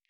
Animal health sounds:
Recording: hydrophone in a shrimp aquaculture tank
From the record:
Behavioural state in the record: normal

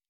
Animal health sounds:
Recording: hydrophone in a shrimp aquaculture tank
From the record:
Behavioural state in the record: normal

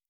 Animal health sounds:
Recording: hydrophone in a shrimp aquaculture tank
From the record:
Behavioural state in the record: normal

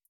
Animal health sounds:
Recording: hydrophone in a shrimp aquaculture tank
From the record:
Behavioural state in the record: feeding

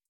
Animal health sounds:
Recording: hydrophone in a shrimp aquaculture tank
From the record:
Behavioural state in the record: starved

